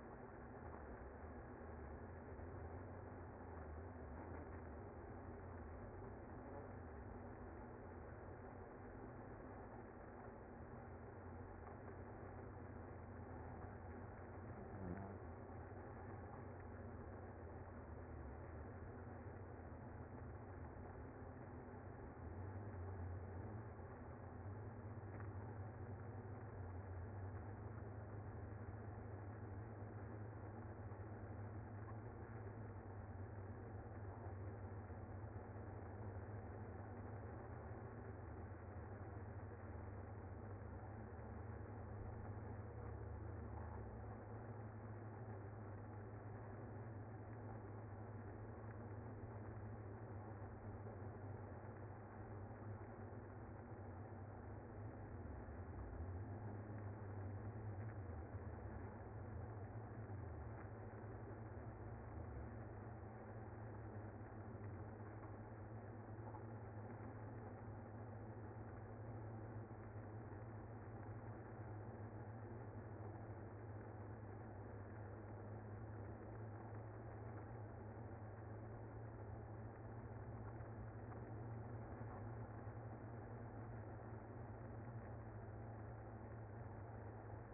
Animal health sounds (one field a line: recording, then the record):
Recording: honeybee colony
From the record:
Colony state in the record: active